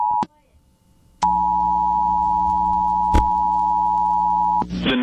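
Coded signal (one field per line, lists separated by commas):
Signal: Emergency Alert System (SAME) tones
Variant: 853 and 960 Hz attention tone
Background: speech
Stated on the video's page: Real National Weather Service Severe Thunderstorm Warning for Alabama and Georgia counties, heard on radio station KALT-FM.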